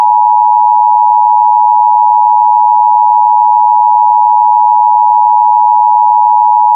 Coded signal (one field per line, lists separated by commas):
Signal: Emergency Alert System (SAME) tones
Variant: 853 and 960 Hz attention tone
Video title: Ultimate || EAS Scenario || VALID TONES